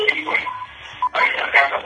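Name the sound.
telephone call being connected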